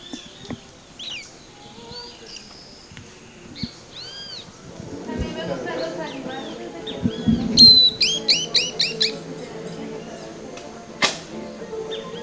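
Bird calls: scattered arched whistled notes, then a quick burst of repeated bright chirps, over a low rumbling background with occasional clicks.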